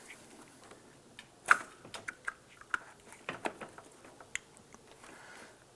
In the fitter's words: all right you should hear a small little click right there